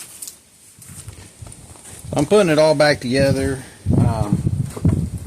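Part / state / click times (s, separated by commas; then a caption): plastic fan shroud bottom clips into radiator / not seated / none. Someone talks while reassembling a 2001 Yukon after water pump and radiator work, fitting the plastic fan shroud so its bottom clips into the radiator, with a few short knocks and taps in the background. The bottom of the shroud does not latch, so nothing has clicked or seated yet, and it may need holes drilled and zip ties at three spots.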